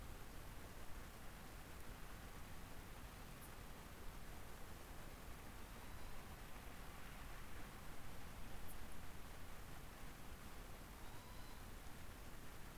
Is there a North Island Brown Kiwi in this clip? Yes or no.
no